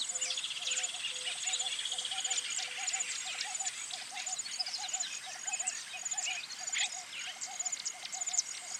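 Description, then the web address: Birds chirping and twittering in a busy high chorus, over a steady run of low, evenly spaced notes. Birds singing in a bird park. "zvuk peniya ptits v parke ptits eschyo park ptits"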